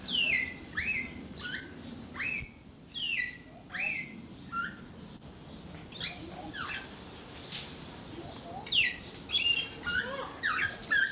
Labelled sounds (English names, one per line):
Greater Vasa Parrot call